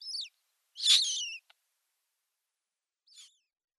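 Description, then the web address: Eurasian magpie nestlings giving high, harmonic squealing calls: a short descending call at the start, a longer harsh call soon after, and a faint short one near the end. "Schulze Peter Eurasian Magpie nestlings"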